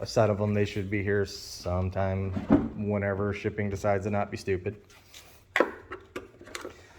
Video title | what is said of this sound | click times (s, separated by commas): 21' polaris sportsman 570 review of the Amazon 2 inch lift kit. | But that's all they are. They pop into place, 2 little tabs. | 5.6 s